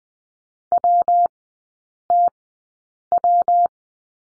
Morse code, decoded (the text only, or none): WTW